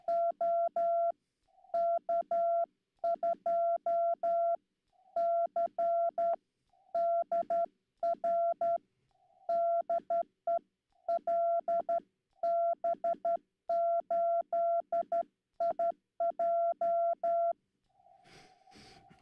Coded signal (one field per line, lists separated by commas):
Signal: Morse code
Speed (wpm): 12 wpm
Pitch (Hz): 680 Hz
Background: none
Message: OK2CDR DE LB8IJ